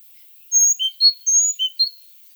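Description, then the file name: Great tit calls: a quick run of six sharp, high chirps, a three-note pattern given twice, packed into just over a second against a quiet background. "Parus major"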